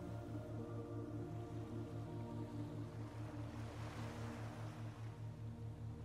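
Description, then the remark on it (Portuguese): Steady rushing ocean surf of warm, salty sea water washes onto the shore, swelling and receding, with a brighter wash building midway, over a constant low droning hum that pulses in an even rhythm. No one speaks. “Você continua caminhando, mas agora você se aproxima até a água do mar e deixa que a água molhe os seus pés, as suas canelas.”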